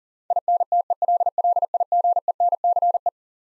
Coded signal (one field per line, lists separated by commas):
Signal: Morse code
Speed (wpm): 40 wpm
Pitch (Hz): 700 Hz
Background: none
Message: INTELLIGENCE